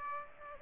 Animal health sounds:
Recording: mosquito wingbeat signal from an infrared sensor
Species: Aedes aegypti

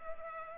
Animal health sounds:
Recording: mosquito wingbeat signal from an infrared sensor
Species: Culex pipiens

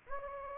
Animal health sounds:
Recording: mosquito wingbeat signal from an infrared sensor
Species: Anopheles gambiae

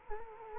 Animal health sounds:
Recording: mosquito wingbeat signal from an infrared sensor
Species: Culex quinquefasciatus

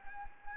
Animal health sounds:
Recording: mosquito wingbeat signal from an infrared sensor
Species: Anopheles gambiae

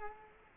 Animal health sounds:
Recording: mosquito wingbeat signal from an infrared sensor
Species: Culex quinquefasciatus

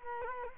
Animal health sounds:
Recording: mosquito wingbeat signal from an infrared sensor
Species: Culex quinquefasciatus

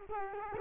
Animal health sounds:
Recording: mosquito wingbeat signal from an infrared sensor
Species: Culex quinquefasciatus

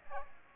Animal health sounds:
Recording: mosquito wingbeat signal from an infrared sensor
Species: Aedes aegypti

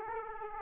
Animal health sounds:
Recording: mosquito wingbeat signal from an infrared sensor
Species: Aedes aegypti

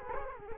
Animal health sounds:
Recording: mosquito wingbeat signal from an infrared sensor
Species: Culex quinquefasciatus

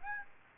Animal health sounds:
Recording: mosquito wingbeat signal from an infrared sensor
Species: Aedes aegypti

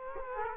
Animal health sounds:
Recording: mosquito wingbeat signal from an infrared sensor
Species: Culex quinquefasciatus

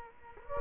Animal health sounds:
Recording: mosquito wingbeat signal from an infrared sensor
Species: Culex quinquefasciatus

